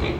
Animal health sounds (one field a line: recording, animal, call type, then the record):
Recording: contact call of a hoofed animal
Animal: pig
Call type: closed-mouth grunt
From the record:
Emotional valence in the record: positive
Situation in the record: food and toys in familiar pen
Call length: 0.20 s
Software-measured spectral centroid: 1910 Hz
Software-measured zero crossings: 1290 a second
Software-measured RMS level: -24 dBFS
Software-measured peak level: -13 dBFS